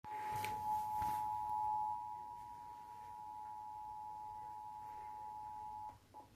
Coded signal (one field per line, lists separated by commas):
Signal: Emergency Alert System (SAME) tones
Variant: 853 and 960 Hz attention tone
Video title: (NEW KSL EAS ALERT SCREEN) EAS #690 Immediate Evacuation